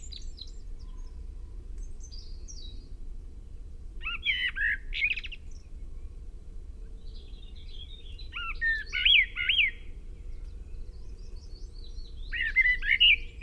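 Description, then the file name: Common blackbird repeating rich warbled phrases every few seconds, each trailing into thin high twitters, over a constant low hum. "Turdus merula"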